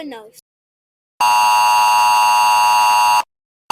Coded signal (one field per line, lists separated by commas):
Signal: Emergency Alert System (SAME) tones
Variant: 853 and 960 Hz attention tone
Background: speech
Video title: EAS tornado warning Aug 10 2025